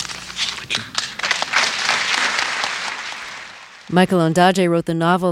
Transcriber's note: soundbite of applause